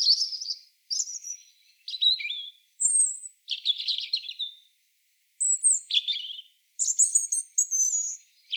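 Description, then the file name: European robin singing a string of varied, liquid phrases, with high whistles and tumbling trills that drop in pitch, and a silent gap midway. "Erithacus rubecula"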